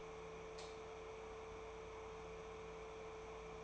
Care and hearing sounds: daily activity, microphone in the room; light on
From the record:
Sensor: 1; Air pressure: 1014.8 hPa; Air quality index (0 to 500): 186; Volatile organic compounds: 19 ppm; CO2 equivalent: 2643 ppm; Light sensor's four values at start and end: 34/86/36/44 and 38/101/42/49

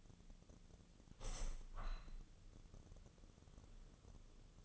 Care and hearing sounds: daily activity, microphone in the room; open window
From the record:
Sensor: 4

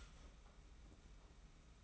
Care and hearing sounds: daily activity, microphone in the room; start toaster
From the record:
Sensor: 1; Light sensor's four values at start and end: 32/108/42/43 and 32/108/42/43

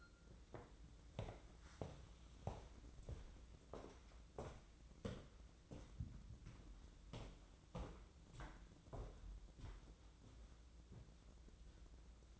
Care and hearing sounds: daily activity, microphone in the room; walk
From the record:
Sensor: 3

